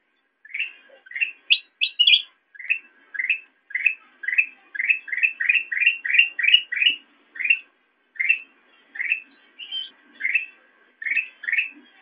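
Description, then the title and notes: Sooty-headed bulbul chirps: a long steady series of upslurred notes, about three per second at times, with a few higher squeaky notes near the start. Intended for training songbirds (masteran). "suara burung kutilang buat masteran"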